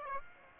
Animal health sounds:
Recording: mosquito wingbeat signal from an infrared sensor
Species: Aedes aegypti

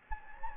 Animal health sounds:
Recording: mosquito wingbeat signal from an infrared sensor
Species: Anopheles gambiae

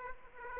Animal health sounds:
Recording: mosquito wingbeat signal from an infrared sensor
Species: Aedes aegypti

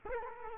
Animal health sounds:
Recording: mosquito wingbeat signal from an infrared sensor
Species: Culex quinquefasciatus

